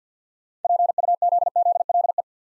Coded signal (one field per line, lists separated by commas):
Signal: Morse code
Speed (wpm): 48 wpm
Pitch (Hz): 700 Hz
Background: none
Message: PUZZLE